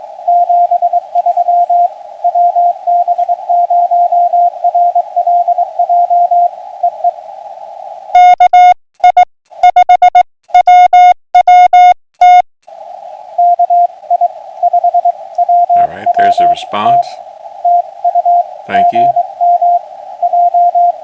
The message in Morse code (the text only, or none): 73 WB0RLJ EE KI5WWT KI5WWT TU GM J